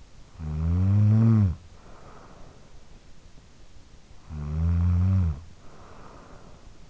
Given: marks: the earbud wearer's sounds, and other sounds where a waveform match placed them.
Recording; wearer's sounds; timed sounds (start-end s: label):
sounds in sleep by an in-ear microphone; snoring breath
0.00-3.02 s: snoring breath
3.90-6.86 s: snoring breath